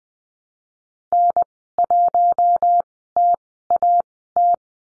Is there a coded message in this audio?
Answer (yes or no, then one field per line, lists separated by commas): yes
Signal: Morse code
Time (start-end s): 1.1-4.5 s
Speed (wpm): 20 wpm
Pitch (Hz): 700 Hz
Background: none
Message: N1TAT